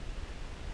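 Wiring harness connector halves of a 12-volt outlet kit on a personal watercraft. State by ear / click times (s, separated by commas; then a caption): not seated / none. The two plastic halves of a 12-volt outlet kit's wiring connector on a 2012 Sea-Doo GTR 215 4-TEC personal watercraft are being pushed together, with the small pins held centered. Over 0.8 seconds only a steady, broadband hiss is heard, with no sharp transients. Nothing has seated or clicked yet.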